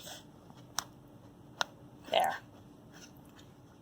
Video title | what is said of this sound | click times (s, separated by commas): O Rly FC2 - Front and Rear Dash Camera - Setup from Start to Finish - with Playback Demo | slide it down to hear it snap there | 0.8 s